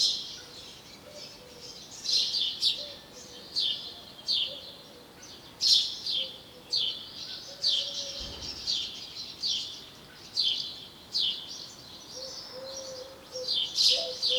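House sparrow chirping steadily, a long series of bright, clipped notes in uneven bursts, with faint low tonal notes now and then in the background.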